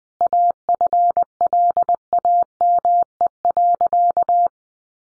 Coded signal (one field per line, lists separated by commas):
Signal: Morse code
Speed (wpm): 20 wpm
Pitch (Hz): 700 Hz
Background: none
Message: AFLAME.